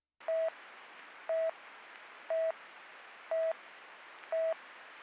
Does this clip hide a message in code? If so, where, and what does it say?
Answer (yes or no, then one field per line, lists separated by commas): no